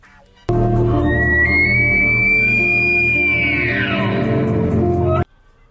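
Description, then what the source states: Elk bugle: a clear whistled tone that climbs slowly, holds high for a couple of seconds, then slides down, over a steady low hum. Played back as a sound to guess in a radio guessing game.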